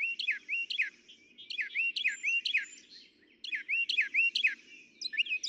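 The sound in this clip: Northern mockingbird singing quick groups of repeated, slurred high notes over a soft low background hum.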